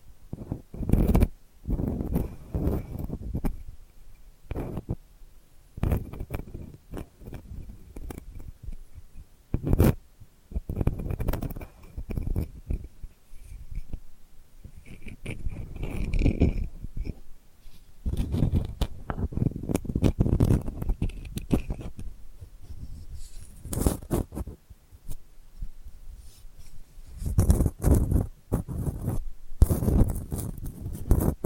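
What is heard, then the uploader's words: Delicate scratching comes in irregular bursts of rough rasping strokes, some brief and some lasting a second or two, with short quiet gaps between them. ASMR Delicate Scratching for Sleep (No Talking).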